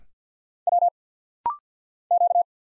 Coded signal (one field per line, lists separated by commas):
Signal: Morse code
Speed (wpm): 50 wpm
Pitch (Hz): 700 Hz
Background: none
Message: W Q